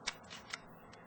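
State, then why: Not seated. A slightly longer Gamo P25 rotary pellet magazine stick, the same width as the original, is pushed into the magazine opening of a Gamo C-15 Bone Collector CO2 pellet pistol. Two faint taps at 0.1 s and 0.5 s are the magazine contacting the frame, not a latch engaging. It lines up and fits the opening, but nothing has clicked in.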